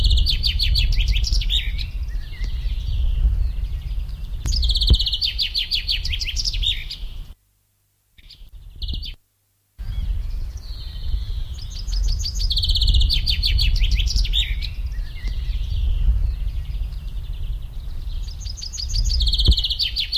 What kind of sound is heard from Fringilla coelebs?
song